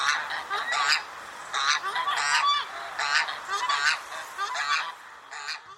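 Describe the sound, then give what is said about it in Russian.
Swan geese honk repeatedly in loud, nasal bursts, several calls overlapping in an uneven rhythm with brief pauses between clusters, no voices present. “А это сухонос.”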